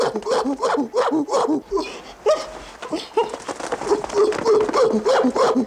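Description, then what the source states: Chimpanzee giving rhythmic, breathy voiced grunts in quick bursts. Chimpanzee described as happy, with thumping.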